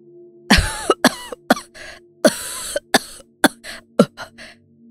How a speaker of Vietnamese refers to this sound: Ông Chánh ho lên sặc sụa, đôi mắt mở dần ra, thấy bà Tư và một số bà con trong xóm bu quanh mình, còn bản thân thì đang nằm trong nhà bà Tư.